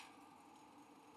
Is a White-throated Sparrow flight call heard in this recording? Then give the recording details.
no. No flight call is heard. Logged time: 08:51 on 5 December 2014